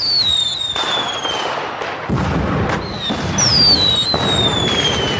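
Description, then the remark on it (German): Fireworks going off in a steady barrage, dense crackling and booming bursts with high whistling streaks that glide downward in pitch, loud throughout with no voices. “Vielleicht gibt es hier sogar ein kleines Feuerwerk oder sowas im Hintergrund, kleiner Tease.”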